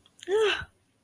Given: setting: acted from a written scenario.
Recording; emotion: vocal sound without words; pain